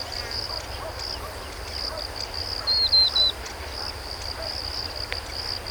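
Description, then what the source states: Cricket chirping as a steady, high, pulsing trill throughout, with a brief bird chirp midway over a low background rumble. Wetland ambience.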